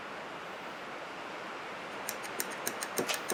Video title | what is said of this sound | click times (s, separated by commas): Husqvarna 372 Assembly & Difference Between 372 Class Saw 48mm, 50mm, 51.4mm XPW & X-Torq Cylinders | You know you got it right when you can hear that clicking. | 2.1 s, 2.4 s, 2.7 s, 2.8 s, 3.0 s, 3.3 s